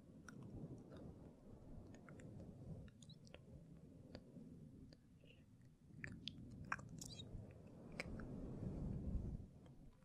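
Gentle mic touching makes a low, rumbling rub throughout, swelling around six and nine seconds, with scattered soft clicks and tiny crackles above.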